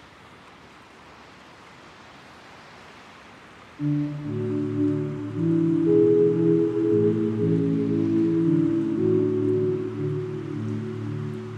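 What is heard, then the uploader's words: A seaside cove on the Oregon coast opens with a soft, even hiss of water for about four seconds. Then a loud, low droning sound cuts in, a stack of sustained deep tones that shift slightly in pitch and hold steady to the end over the hiss. Recorded at Seaside Cove on The Oregon Coast.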